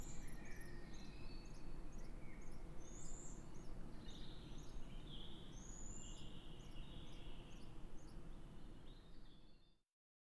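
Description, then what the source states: Eurasian pygmy owl calls: rapid, irregular high squeaks and ticks with longer thin squeals, continuing for about ten seconds over low rumbling noise before silence. Food pass, with various calls of male, female and nestlings.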